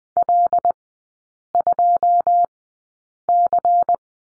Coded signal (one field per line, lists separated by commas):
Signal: Morse code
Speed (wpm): 20 wpm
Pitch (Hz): 700 Hz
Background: none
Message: L2C